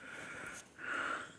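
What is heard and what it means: An aluminium rivet holding the lining to the shoe of a dry drum brake on a Ford 3000 tractor is handled, not yet hammered home. Steady hiss and breathy noise fill the clip, dipping briefly around 0.6 to 0.8 s before swelling again, with no sharp impacts. Nothing has seated or clicked yet.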